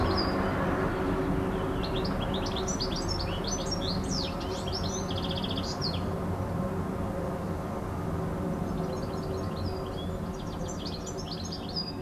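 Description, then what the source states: Bird song: a twittering phrase with a short buzzy trill, a pause, then more high chirps, beneath a louder low rumble. Recorded on an MZ-N 710 device, dated 26 06 14.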